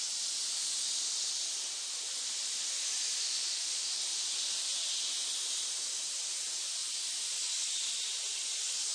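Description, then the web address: Snakes hissing continuously, a dense airy noise that dips slightly early on and then holds steady. Many snakes hissing together in a pit. "SFXBible animal-sound-effects snake-sound-effects animals-snakes-pit-of-snakes-hiss"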